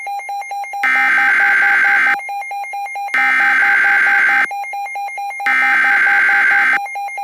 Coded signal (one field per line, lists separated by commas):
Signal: Emergency Alert System (SAME) tones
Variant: header bursts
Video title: eas scenario the megaquake